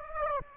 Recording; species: mosquito wingbeat signal from an infrared sensor; Aedes aegypti